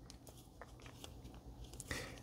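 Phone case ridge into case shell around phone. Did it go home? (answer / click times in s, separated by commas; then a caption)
yes / 0.1 s, 0.6 s, 1.8 s. A sealed, rugged green i-Blason Armorbox case is pressed onto a Samsung Galaxy S24 Ultra so its ridge snaps into the inner groove of the case shell around the phone. Sharp snaps sound at 0.1, 0.6 and 1.8 seconds over faint handling noise, ending in a brief louder rustle. The case is seated in place.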